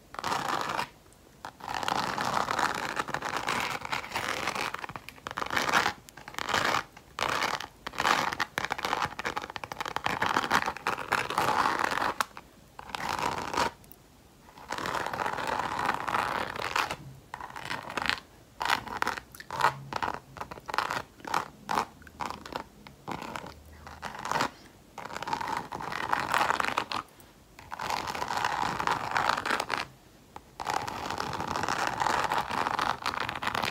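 Rings are scratched against a textured surface in bursts of dense, rasping friction, cut by frequent brief silences. The strokes vary in length, some running a few seconds, others quick and choppy, with a bright, papery edge and a steady middle tone throughout.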